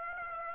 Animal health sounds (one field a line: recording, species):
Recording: mosquito wingbeat signal from an infrared sensor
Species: Aedes aegypti